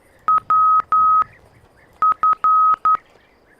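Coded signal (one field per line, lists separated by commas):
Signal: Morse code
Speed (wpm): 11 wpm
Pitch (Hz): 1270 Hz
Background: none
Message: WF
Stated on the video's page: Morse in a 1996 edutainment game.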